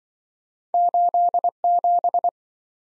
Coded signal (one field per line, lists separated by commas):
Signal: Morse code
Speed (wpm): 23 wpm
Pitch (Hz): 700 Hz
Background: none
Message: 87